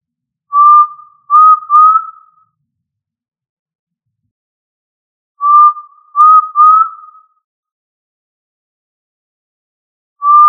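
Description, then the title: Tinamou calling with a phrase of three pure, mellow whistles, each slightly rising, repeated about every five seconds in a quiet background. "Familia Tinamidae - Quail - Puyuh"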